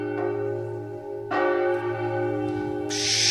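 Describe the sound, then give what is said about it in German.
A deep, heavy tower church bell tolls twice. Each strike blooms into a long, humming resonance of layered low tones that keeps ringing without any voices. “wo er die zu schöne Glocke durchbohrte und tiefer und schwerer stimmte.”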